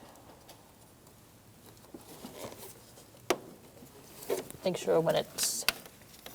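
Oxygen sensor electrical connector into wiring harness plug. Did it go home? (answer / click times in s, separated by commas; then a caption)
yes / 5.7 s. The plastic electrical connector of a new downstream oxygen sensor on a 2012–2018 Ford Focus 2.0L L4 is pushed into its mating wiring harness plug at the top of the engine bay while someone talks. A sharp click is heard at 5.7 s, and the connector is seated and locked in.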